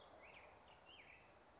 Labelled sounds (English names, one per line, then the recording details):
Black-headed Grosbeak
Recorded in Sonoma County, California